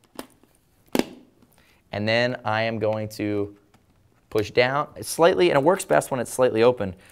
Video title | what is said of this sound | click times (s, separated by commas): Shark Speed-R Helmet Review at RevZilla.com | so to put it back on what I'm going to do is I'm just going to Simply slide it in until it clicks | 1.0 s